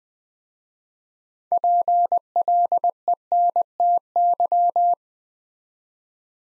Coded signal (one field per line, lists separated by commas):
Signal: Morse code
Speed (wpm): 20 wpm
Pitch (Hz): 700 Hz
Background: none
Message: PLENTY